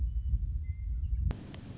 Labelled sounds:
Western Meadowlark

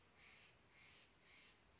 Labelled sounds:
Steller's Jay

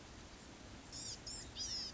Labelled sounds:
Blue-gray Gnatcatcher

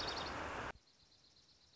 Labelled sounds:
Dark-eyed Junco

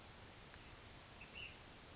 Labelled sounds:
Ash-throated Flycatcher

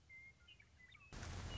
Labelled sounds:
Western Meadowlark

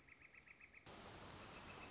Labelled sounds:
Northern Flicker

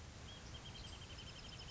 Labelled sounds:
Wrentit

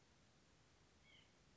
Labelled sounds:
White-breasted Nuthatch

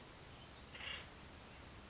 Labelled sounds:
Acorn Woodpecker

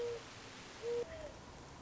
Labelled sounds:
Mourning Dove

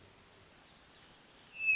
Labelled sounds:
Hermit Thrush

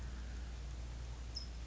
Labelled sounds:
California Towhee

